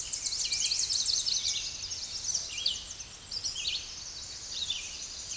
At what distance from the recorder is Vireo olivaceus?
about 25 m